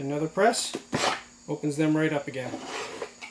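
Wooden drawers are being handled in a box with spring catches. Someone talks throughout, and the drawers are about to be pushed back closed into the catches. Nothing has seated or clicked yet.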